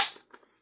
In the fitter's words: You hear that click in? That means it's locked in, ready to go, ready to feed round.